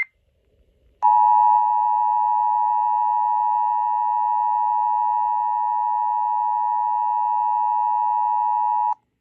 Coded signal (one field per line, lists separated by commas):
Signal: Emergency Alert System (SAME) tones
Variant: 853 and 960 Hz attention tone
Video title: (LATE UPLOAD READ DESCRIPTION) Child Abduction Emergency EAS#513 103.5 The Arrow